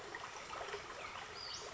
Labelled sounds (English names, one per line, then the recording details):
Western Flycatcher
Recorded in Sonoma County, California